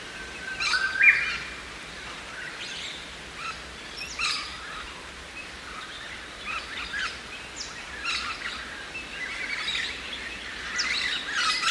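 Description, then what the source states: Musk Lorikeet calls: short shrill screeches scattered irregularly throughout, with a clear whistled note near the start and steady outdoor background hiss. Recorded by Marc Anderson on Narrabul Country at Kings Plain National Park, New South Wales, Australia; a grey shrike-thrush sings in the background.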